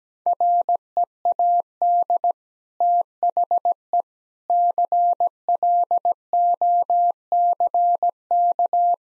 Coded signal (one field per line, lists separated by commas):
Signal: Morse code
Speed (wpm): 17 wpm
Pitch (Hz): 700 Hz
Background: none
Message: READ THE CLOCK